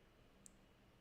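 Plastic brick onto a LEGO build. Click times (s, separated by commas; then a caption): 0.5 s. A plastic LEGO piece, stacked sideways, is pressed onto a LEGO Dobby build (set 76421) so it locks instead of floating free. A single sharp, bright click at 0.5 s rises out of a quiet background hiss. The brick seats in place and the fit is accepted.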